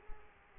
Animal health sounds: mosquito wingbeat signal from an infrared sensor; Aedes aegypti

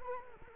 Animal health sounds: mosquito wingbeat signal from an infrared sensor; Culex quinquefasciatus

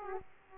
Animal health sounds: mosquito wingbeat signal from an infrared sensor; Aedes aegypti

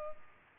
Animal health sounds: mosquito wingbeat signal from an infrared sensor; Culex pipiens

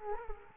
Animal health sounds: mosquito wingbeat signal from an infrared sensor; Culex quinquefasciatus

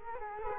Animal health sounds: mosquito wingbeat signal from an infrared sensor; Culex quinquefasciatus

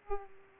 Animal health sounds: mosquito wingbeat signal from an infrared sensor; Aedes aegypti

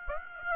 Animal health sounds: mosquito wingbeat signal from an infrared sensor; Aedes aegypti

